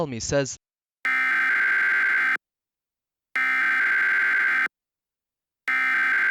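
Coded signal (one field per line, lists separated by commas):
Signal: Emergency Alert System (SAME) tones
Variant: header bursts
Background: speech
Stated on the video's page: Fictional EAS scenario alert, self-made, not a real broadcast.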